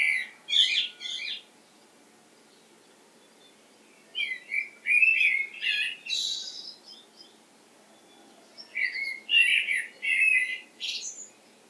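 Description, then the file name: Common blackbird chirping calls, three bursts of squeaky, buzzy high notes separated by short quiet gaps, with faint steady background noise. "Turdus merula"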